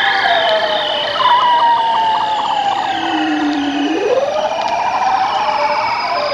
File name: bearded seals